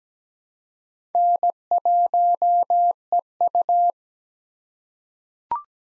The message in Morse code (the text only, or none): N1EU